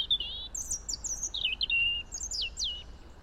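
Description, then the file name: European robin singing a rapid sequence of thin, high, tumbling notes that dip and rise, slightly wavering whistles closing the phrase. "Erithacus rubecula"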